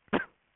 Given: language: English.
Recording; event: throat vibration sensor signal played as sound; cough